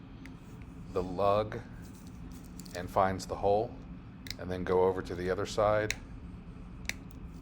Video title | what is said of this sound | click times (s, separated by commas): Watch Review Forstner Contemporary Flat Link Bracelet | it in as well, and those should just snap into place. | 6.9 s